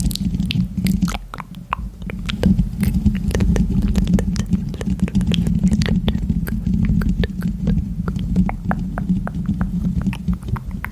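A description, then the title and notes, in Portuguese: Mouth sounds: a constant stream of wet clicks and smacks, crisp and irregular, popping several times a second for the full eleven seconds, like chewing. Beneath them runs a steady low hum that barely changes. Um ASMR focando em sons de boca com a sensibilidade do microfone no máximo para promover relaxamento intenso e arrepios.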